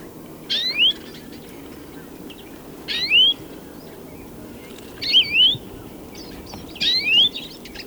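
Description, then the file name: European greenfinch call notes: four rising slurred calls, several doubled into quick pairs, recurring about every two seconds against faint background noise. "Chloris chloris"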